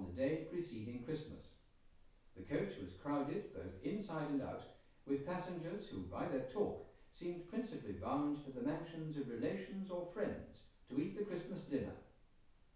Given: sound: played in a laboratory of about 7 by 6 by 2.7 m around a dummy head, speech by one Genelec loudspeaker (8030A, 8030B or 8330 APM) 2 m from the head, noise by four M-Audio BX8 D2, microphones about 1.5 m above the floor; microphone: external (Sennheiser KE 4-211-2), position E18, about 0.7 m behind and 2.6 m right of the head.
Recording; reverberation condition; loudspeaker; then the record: male speech in English; medium; 30 degrees to the right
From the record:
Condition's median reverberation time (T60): about 510 ms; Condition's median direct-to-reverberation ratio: about -0.5 dB